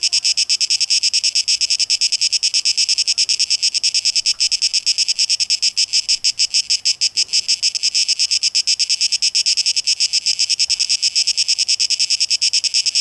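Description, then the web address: Cicada buzz, rapid pulsing, high-pitched and sustained, with a few faint clicks below. Recorded 12 August 2023; tape echo mix. "rauschpartikel Audio 2023-08-12 Zikaden"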